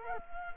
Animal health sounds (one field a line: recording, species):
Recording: mosquito wingbeat signal from an infrared sensor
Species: Culex quinquefasciatus